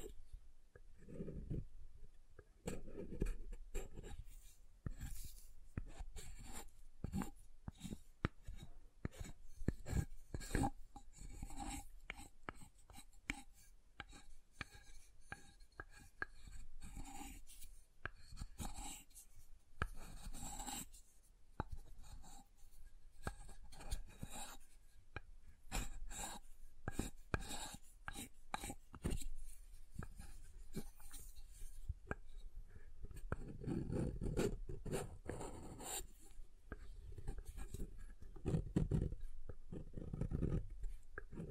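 Soap being tapped and carved: dense, irregular scraping and tapping strokes throughout, with heavier, lower rubbing sounds around thirty-four to forty seconds.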